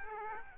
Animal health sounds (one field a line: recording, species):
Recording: mosquito wingbeat signal from an infrared sensor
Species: Aedes aegypti